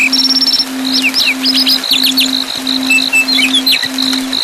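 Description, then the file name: Lark song opening with a rapid buzzy rattle, then varied sharp chirps and slurred whistles, with a steady high tone and low hum beneath. Songs of the lark family, for training birds. "keluarga lark kreasi om ct versi panjang omkicau"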